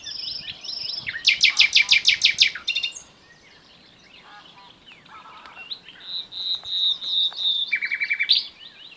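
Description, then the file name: Common nightingale delivering a loud pulsed series of rich notes, a pause, then soft chirps, a sequence of clear whistles and a short rapid trill. "Luscinia megarhynchos"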